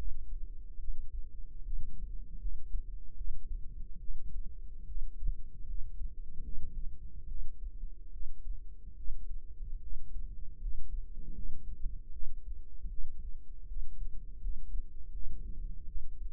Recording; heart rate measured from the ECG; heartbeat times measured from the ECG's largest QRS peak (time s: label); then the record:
heart sounds by microphone in the right ear; 76 bpm
0.79 s: heartbeat
1.64 s: heartbeat
2.40 s: heartbeat
3.16 s: heartbeat
4.00 s: heartbeat
4.87 s: heartbeat
5.67 s: heartbeat
6.43 s: heartbeat
7.28 s: heartbeat
8.12 s: heartbeat
8.96 s: heartbeat
9.81 s: heartbeat
10.60 s: heartbeat
11.34 s: heartbeat
12.12 s: heartbeat
12.89 s: heartbeat
13.67 s: heartbeat
14.41 s: heartbeat
15.12 s: heartbeat
15.86 s: heartbeat
From the record:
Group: healthy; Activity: rest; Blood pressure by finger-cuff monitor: 83/50 mmHg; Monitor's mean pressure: 63 mmHg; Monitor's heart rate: 76 bpm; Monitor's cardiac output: 7.4 L/min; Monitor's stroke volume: 101 mL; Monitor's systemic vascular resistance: 600 dyn s/cm5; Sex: female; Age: 22 years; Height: 161 cm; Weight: 65.5 kg